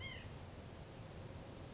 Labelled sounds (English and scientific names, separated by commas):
White-breasted Nuthatch (Sitta carolinensis)